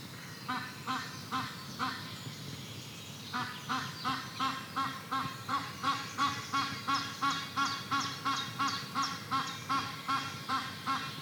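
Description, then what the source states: Duck quacks: a short burst of nasal calls, a brief pause, then a long, even run of rapid quacks over a light, breezy background. Meadow atmosphere with a light breeze.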